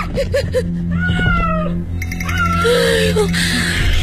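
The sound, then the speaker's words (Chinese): A feral cat meows several times in drawn-out, wavering cries with rising and falling pitch, standing out clearly over a low, steady background hum. “怕什么呀？是只野猫，走吧。”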